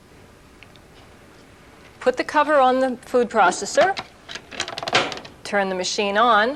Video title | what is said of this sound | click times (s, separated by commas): [HTV-007] Cuisinart - How to use your Food Processor | you'll feel and hear it click into place | 0.6 s